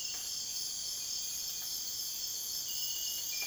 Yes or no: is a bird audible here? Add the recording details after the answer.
no. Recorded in dense forest near Puerto Asís, Putumayo, Colombia, on 23 June 2025 at 02:30. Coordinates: 0.484, -76.325. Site H65